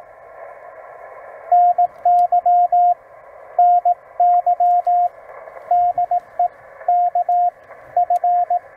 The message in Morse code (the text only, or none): NY NY DE K F